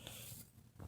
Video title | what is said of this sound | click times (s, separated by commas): Pioneer Motorized Faceplate Repair (P99RS) - for display / face not working | just start to lay down flat work here press here and here try pretty evenly you'll hear it snap both | 0.1 s